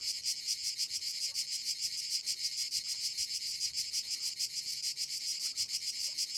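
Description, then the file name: Shrill cricket chorus, rapid high pulses running steadily without pause, several insects overlapping in a bright continuous trill. "Crickets Orchestra"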